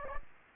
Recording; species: mosquito wingbeat signal from an infrared sensor; Aedes aegypti